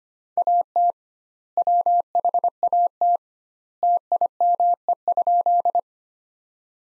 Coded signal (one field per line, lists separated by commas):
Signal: Morse code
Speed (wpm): 25 wpm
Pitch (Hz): 700 Hz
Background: none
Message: AT WHAT TIME?